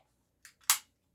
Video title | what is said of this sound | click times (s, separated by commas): Pistelle X68 Aftermarket Orings Still Works Great (Explained with Shot Test) | there's the click now you can go all the way | 0.7 s